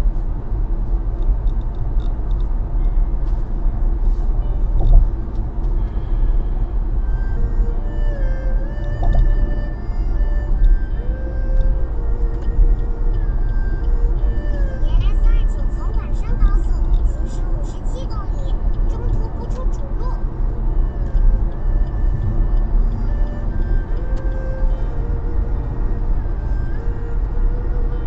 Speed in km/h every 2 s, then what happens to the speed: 80, 81, 80, 80, 81, 80, 79, 79, 82, 89, 89, 89, 89, 100.
0-15 steady at about 80. 15-28 speeds up to 100.